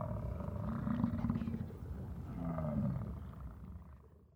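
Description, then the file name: American bison bellowing, two deep rumbling roars about one and a half seconds apart. In Yellowstone during the rut. "YELL-Bison Rut-Jennifer Jerrett"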